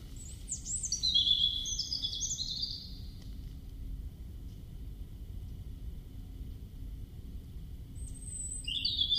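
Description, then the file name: European robin song: a quick run of high, sliding whistled notes at the start, a long pause, then another brief high whistle near the end, over low steady noise. "Erithacus rubecula"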